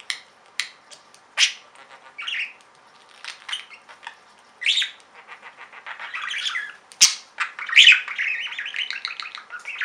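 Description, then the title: Budgerigar chatter: sharp clicks and ticks interspersed with squeaky warbled phrases, building to a continuous buzzy, rattling warble in the last three seconds. "Budgie Sounds"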